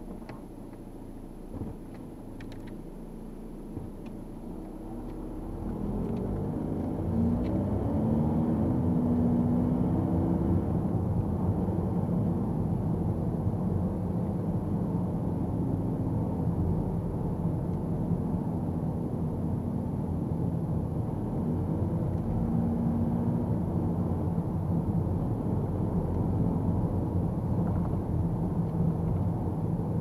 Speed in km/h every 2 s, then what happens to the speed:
2, 4, 24, 31, 40, 41, 39, 37, 35, 33, 34, 36, 37, 35, 34.
0-8 pulls away to 40. 8-18 slows to 33. 18-30 steady at about 34.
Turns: none.